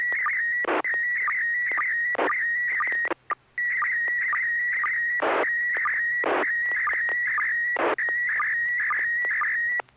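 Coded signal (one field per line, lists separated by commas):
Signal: SSTV (slow-scan television)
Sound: steady high tone with short low sync blips, interrupted by bursts of hiss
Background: FM radio static, hum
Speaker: Let's go on to Neil. KL7HQR, it's your turn for a picture, please.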